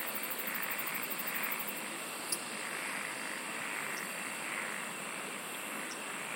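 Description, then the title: Insect chorus: rapid high pulses repeating for the opening two seconds, then a constant shrill buzzing band with occasional clicks over hiss. "SINGING OF INSECTS"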